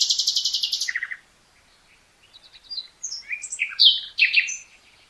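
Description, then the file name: Common nightingale song: opens with a fast, loud repeated trill, then a brief pause and a string of varied whistled and chirping notes. "Luscinia megarhynchos"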